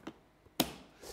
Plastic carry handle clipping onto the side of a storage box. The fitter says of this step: uh and you know that everything is locked into place